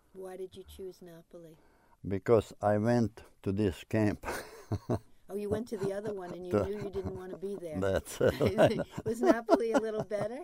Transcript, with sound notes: Why did you choose Napoli?
Because I went to this camp (he laughs)
Oh, you went to the other one and knew you didn't want to be there.
That's right (they laugh)
Was Napoli a little better?